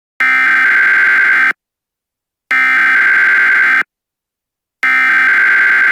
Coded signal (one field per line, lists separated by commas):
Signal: Emergency Alert System (SAME) tones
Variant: header bursts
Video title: EAs Scenario 1: Red Hulk Attack